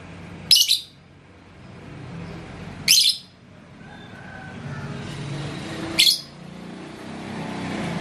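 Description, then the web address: Lovebird giving three sharp, shrill squeaks about two and three seconds apart, with a low steady hum behind them. "love-bird suara-lovebird-paud"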